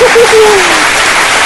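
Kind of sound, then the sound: crowd, applause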